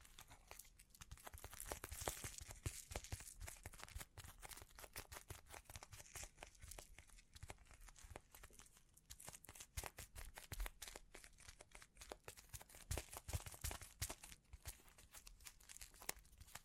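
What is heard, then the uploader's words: Trigger sounds from sparkly objects: a dense, nonstop stream of tiny clicks, taps and crinkles, bright and crisp with a hissy shimmer on top. The texture stays busy and fairly even for the whole clip. ASMR Sleep Inducing Bling Bling Triggers (No Talking).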